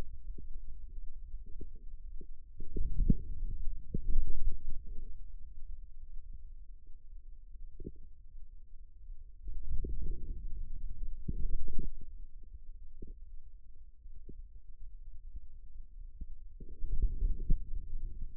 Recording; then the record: forearm muscle sounds (acoustic myography)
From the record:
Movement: outward rotation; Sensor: system 2, bracelet of six BSWA MPA416 microphones around the upper forearm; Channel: 1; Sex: male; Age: 22 years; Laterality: right